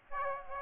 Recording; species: mosquito wingbeat signal from an infrared sensor; Aedes aegypti